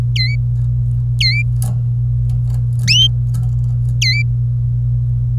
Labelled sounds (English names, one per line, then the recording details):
Domestic Canary song
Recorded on 25 April 2018 at 17:00
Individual llb3